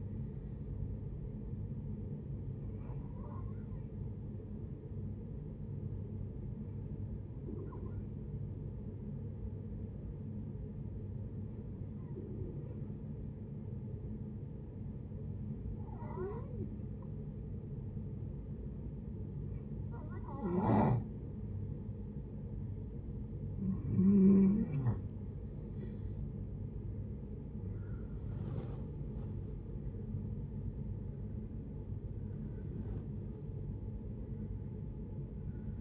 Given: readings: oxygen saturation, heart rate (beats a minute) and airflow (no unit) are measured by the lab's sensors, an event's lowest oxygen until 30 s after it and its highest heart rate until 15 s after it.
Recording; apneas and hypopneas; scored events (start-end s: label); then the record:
breathing in sleep by a smartphone at the bedside; 1
3.00-20.60 s: hypopnea (N1, oxygen 94% highest, then 90% lowest, heart rate 69 at the start, 80 highest)
From the record:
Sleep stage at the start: N1 (lightest sleep); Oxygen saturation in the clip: 90 to 95%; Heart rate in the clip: 60 to 80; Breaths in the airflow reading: 9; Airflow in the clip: -10.4 to 11.8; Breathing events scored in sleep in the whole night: 496 in 5.4 hours asleep